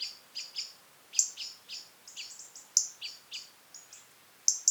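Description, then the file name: European robin uttering rapid high, thin notes that drop sharply in pitch, delivered in quick succession with brief gaps. "Erithacus rubecula"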